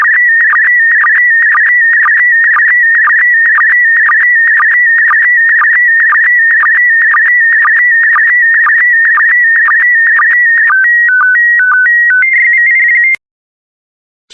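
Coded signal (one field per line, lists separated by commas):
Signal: SSTV (slow-scan television)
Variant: PD120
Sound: warbling whistle near 2 kHz with regular low blips twice a second, then stepped tones, then silence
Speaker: get ready starting transmission in 5 4 3 2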